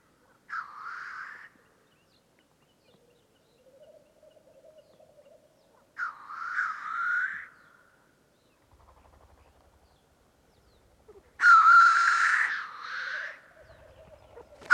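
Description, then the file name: Black grouse calls: three harsh hissing bursts spaced several seconds apart, the last loudest, between quiet stretches of soft low bubbling cooing. "Digiffects Sound Effects Library - Black Grouse Bird"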